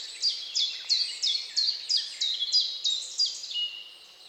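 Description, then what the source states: Bird singing a steady string of high, downward-sweeping notes, roughly three per second, evenly spaced. Recorded at dawn.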